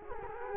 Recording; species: mosquito wingbeat signal from an infrared sensor; Culex quinquefasciatus